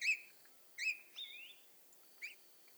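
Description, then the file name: Eurasian bullfinch giving soft, piping whistled calls, a few short notes with one longer wavering whistle, spaced irregularly over quiet background. "Pyrrhula pyrrhula"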